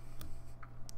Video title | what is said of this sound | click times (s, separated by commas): Central Georgia Technical College / Houston County Career Academy Dual Enrollment PC Build | see right there I pushed it down and it did not click all the way so I had to take it out | 0.9 s